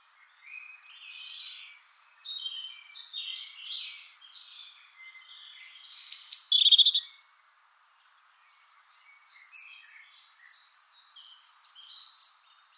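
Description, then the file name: European robin delivering a long, rambling high warble of rapid notes, a loud bright burst midway, then quieter scattered notes and clicks. "Erithacus rubecula"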